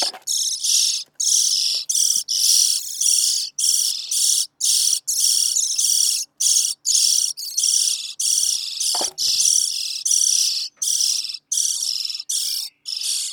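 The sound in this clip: European starling song, a dense run of high chattering and rattling phrases in short bursts with brief gaps, continuous throughout.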